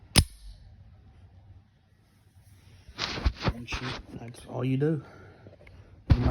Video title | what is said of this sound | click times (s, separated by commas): Sccy cpx-2 9mm dissemble and reassemble | make sure it's in there level and when it is you'll hear click | 0.2 s